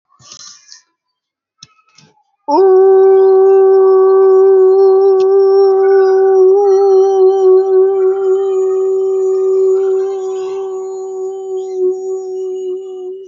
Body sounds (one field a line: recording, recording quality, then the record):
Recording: sustained vowel as in boot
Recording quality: excellent, no background noise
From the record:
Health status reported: healthy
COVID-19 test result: negative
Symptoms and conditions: cough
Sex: female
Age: 29 years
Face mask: not worn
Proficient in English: yes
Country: India